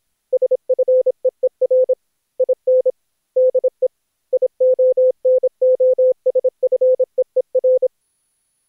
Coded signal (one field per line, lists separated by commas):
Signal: Morse code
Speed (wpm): 26 wpm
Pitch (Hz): 510 Hz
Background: none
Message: SFEER IN DE IONOSFEER